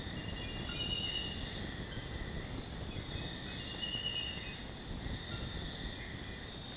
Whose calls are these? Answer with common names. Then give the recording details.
none. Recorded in secondary vegetation near Puerto Asís, Putumayo, Colombia, on 18 February 2024 at 03:30. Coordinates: 0.468, -76.324. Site G6381